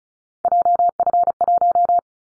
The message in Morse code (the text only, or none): JF1